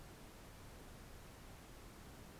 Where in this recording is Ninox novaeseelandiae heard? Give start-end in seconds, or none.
none